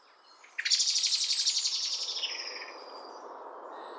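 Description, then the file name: Common blackbird giving a harsh, rapid rattling chatter of about two seconds, loud at first then fading and dropping slightly in pitch, with quiet background afterwards. "Turdus merula"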